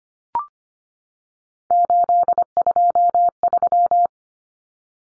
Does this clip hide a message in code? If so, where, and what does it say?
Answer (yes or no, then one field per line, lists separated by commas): yes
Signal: Morse code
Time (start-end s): 1.7-4.1 s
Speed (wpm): 25 wpm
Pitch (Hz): 700 Hz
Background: none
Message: 823